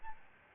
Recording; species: mosquito wingbeat signal from an infrared sensor; Aedes albopictus